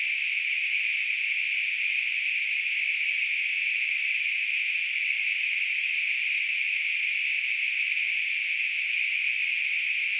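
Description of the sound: A steady, high-pitched hissing tone that does not change in pitch or loudness across the ten seconds, with no breaks or pulsing. It is a simulation of tinnitus, the constant ringing or hissing a person perceives in the ears without any outside sound.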